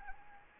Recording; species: mosquito wingbeat signal from an infrared sensor; Anopheles arabiensis